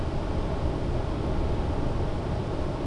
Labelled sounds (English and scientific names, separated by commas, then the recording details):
none
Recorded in Germany
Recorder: ecoPi